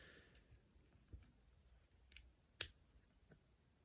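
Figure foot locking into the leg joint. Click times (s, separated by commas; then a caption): 2.6 s. The opposite foot of a Transformers Legacy United Cybertron Starscream toy figure is folded and straightened so it locks into the leg joint. A few faint plastic ticks come around 2.1 s, then a sharp click at 2.6 s as the foot seats firmly in place.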